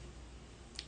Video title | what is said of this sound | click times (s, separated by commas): Jewellery in NYC | it'll click into place | 0.8 s